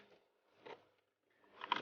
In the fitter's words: pops right in